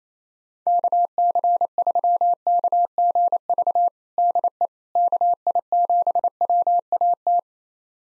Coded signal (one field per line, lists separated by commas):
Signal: Morse code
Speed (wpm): 28 wpm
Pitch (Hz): 700 Hz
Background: none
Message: KC3KGV DE KI7WAT